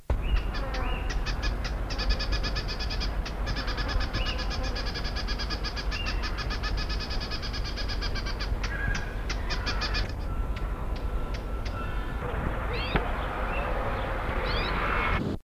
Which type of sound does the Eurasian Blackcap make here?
alarm call